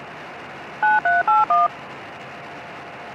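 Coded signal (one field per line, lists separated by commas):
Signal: DTMF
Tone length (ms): 190 ms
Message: 9381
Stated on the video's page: Local 2m traffic including FM simplex, SSB, AllStarLink node, D-Star reflector cross-moded to DMR and YSF, and a rail transit NXDN VHF system on scan.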